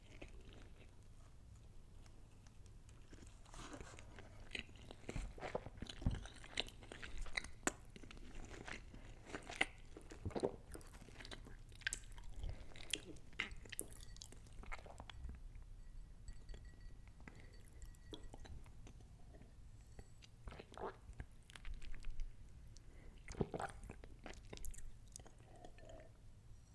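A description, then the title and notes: Eating of chicken balls and beef, with wet chewing and occasional crunchy bites that come every second or so throughout. A low steady hum sits underneath, and a faint voice or mouth sound appears now and then. Eating Chinese Chicken Balls & Szechuan Beef Eating Sounds (SUPER TINGLY MUKBANG).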